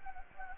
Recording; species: mosquito wingbeat signal from an infrared sensor; Anopheles gambiae